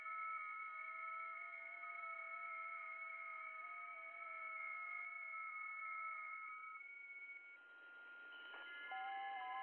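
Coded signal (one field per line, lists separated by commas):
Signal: FT8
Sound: several steady overlapping whistling tones with slight pitch steps, stopping then restarting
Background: radio static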